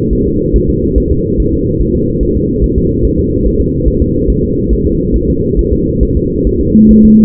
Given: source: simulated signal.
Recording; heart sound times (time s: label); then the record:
fetal heart sounds
0.13 s: S1
0.27 s: S2
0.56 s: S1
0.70 s: S2
0.98 s: S1
1.12 s: S2
1.40 s: S1
1.54 s: S2
1.81 s: S1
1.96 s: S2
2.23 s: S1
2.37 s: S2
2.64 s: S1
2.78 s: S2
3.05 s: S1
3.19 s: S2
3.47 s: S1
3.61 s: S2
3.88 s: S1
4.02 s: S2
4.30 s: S1
4.44 s: S2
4.73 s: S1
4.87 s: S2
5.16 s: S1
5.30 s: S2
5.59 s: S1
5.73 s: S2
6.03 s: S1
6.17 s: S2
6.47 s: S1
6.61 s: S2
6.91 s: S1
7.05 s: S2
From the record:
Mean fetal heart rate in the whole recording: 140 bpm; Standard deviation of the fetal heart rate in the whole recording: 2 bpm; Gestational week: 34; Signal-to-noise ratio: -10.2 dB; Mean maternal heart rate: 72 bpm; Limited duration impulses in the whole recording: present